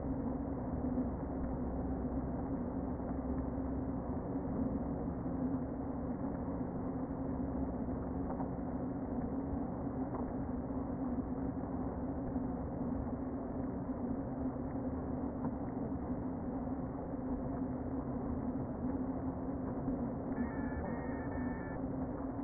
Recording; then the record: honeybee colony, microphone inside the hive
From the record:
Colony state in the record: queen present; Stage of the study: before two queens were removed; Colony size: about 60,000 bees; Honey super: yes